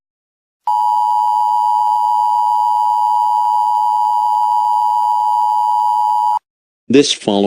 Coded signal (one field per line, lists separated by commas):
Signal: Emergency Alert System (SAME) tones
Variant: 853 and 960 Hz attention tone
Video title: EAS Scenario #1: Serial Killer